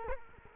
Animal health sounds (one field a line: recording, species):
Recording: mosquito wingbeat signal from an infrared sensor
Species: Culex quinquefasciatus